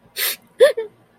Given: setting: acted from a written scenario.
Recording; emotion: vocal sound without words; sadness